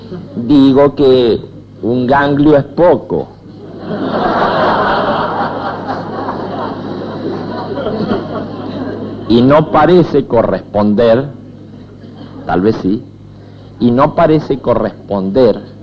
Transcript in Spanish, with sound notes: Digo que un ganglio es poco (risas) y no parece corresponder, – tal vez, si – y no parece corresponder